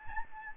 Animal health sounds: mosquito wingbeat signal from an infrared sensor; Aedes albopictus

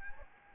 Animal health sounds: mosquito wingbeat signal from an infrared sensor; Anopheles arabiensis

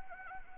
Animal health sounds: mosquito wingbeat signal from an infrared sensor; Anopheles arabiensis

